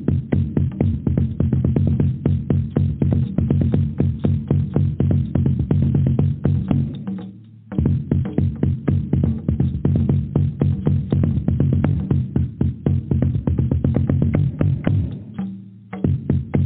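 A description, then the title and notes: Fast, steady drumming with dense, evenly spaced hits over a heavy low throb, the sound dull and lacking brightness. The pattern keeps a driving pulse, breaking off briefly just before the eight-second mark and again around fifteen seconds before resuming. DRUMMING.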